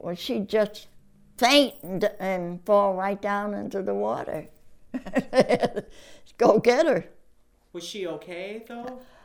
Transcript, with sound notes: She'd just faint and fall right down into the water. (Laughs) Had to go get her.
Was she okay, though?